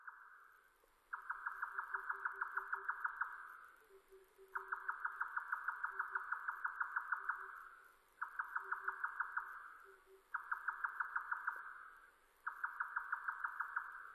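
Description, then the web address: Grey nightjar song: rapid, even pulses near one pitch, in bursts of one to three seconds separated by short pauses, with faint lower notes beneath. Recorded 7 May 2005. "2005 050507 yotaka"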